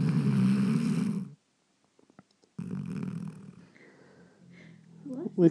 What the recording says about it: Guide dog. It's only 2 years old, and it's snoring like that. I think it might have sleep apnea.